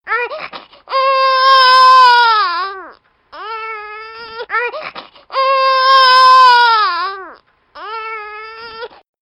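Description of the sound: An infant cries in repeated, sustained wails with a clear, high-pitched voice, each cry rising then falling at the end, separated by short catches of breath, about fourteen cries a minute. Ordinary infant crying.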